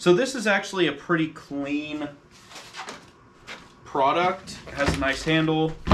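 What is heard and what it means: Someone talks while handling the fold-out carry handle on the plastic housing of a Ryobi 18V HP portable spot cleaner, with faint handling noise between words. The handle has not locked into place yet, and nothing has seated or clicked.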